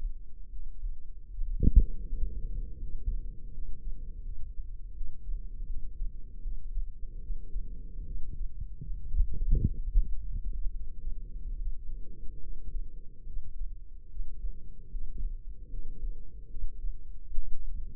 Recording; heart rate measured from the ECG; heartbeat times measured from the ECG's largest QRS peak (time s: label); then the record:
heart sounds by microphone in the left ear; 75 bpm
0.48 s: heartbeat
1.26 s: heartbeat
2.03 s: heartbeat
2.78 s: heartbeat
3.50 s: heartbeat
4.21 s: heartbeat
4.92 s: heartbeat
5.65 s: heartbeat
6.41 s: heartbeat
7.18 s: heartbeat
8.03 s: heartbeat
8.94 s: heartbeat
9.85 s: heartbeat
10.69 s: heartbeat
11.56 s: heartbeat
12.39 s: heartbeat
13.23 s: heartbeat
14.07 s: heartbeat
14.89 s: heartbeat
15.68 s: heartbeat
16.47 s: heartbeat
17.26 s: heartbeat
From the record:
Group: healthy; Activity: Valsalva maneuver 0-2 s, rest 2-18 s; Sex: female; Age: 32 years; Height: 172 cm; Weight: 71.7 kg